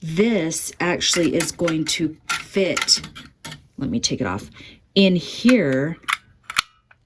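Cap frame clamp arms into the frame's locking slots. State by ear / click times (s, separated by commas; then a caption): seated / 6.5 s, 6.6 s. Someone talks while pushing both arms of a plastic and metal Brother flat brim cap frame, used for embroidering hats on a Brother PR680W multi-needle machine, down into the frame's locking slots. Two sharp clicks are heard at 6.5 s and 6.6 s as the clamp arms lock in place.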